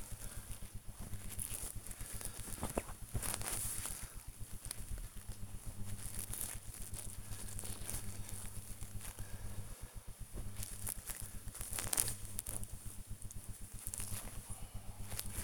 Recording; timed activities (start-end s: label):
household activities, microphone on the right wrist
0.00-15.44 s: tidy up the wardrobe